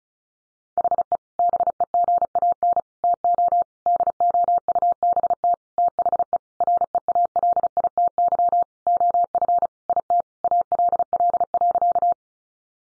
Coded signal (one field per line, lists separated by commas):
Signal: Morse code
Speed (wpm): 34 wpm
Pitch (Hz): 700 Hz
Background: none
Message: HE BEGAN TO DOUBT THE REALITY OF IT ALL.